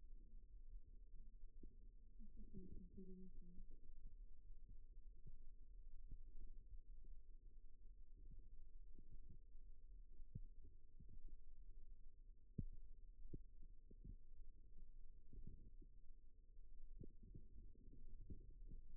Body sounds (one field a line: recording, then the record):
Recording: forearm muscle sounds (acoustic myography)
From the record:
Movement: rest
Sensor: system 2, bracelet of six BSWA MPA416 microphones around the upper forearm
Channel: 1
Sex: male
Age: 22 years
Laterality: right